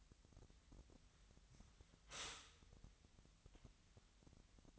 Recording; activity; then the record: daily activity, microphone in the room; stop toaster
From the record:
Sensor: 3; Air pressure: 1001.9 hPa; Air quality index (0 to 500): 245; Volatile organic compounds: 49 ppm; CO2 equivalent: 3277 ppm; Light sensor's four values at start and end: 13/40/17/15 and 13/40/17/15